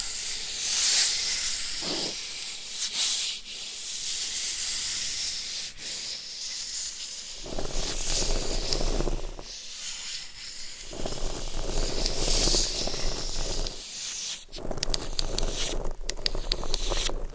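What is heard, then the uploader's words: Scratching against a microphone, a dense, rough, hissy rubbing that runs almost the whole time with bright crackle on top. Its strength surges and eases in uneven patches, heaviest around 7–10 and 15–17 seconds, with short gaps near 2, 11 and 14.5 seconds. Mic Scratching & Tapping.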